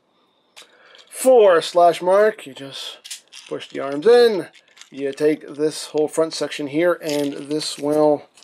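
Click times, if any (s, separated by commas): none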